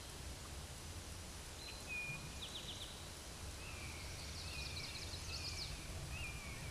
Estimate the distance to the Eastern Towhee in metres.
about 80 m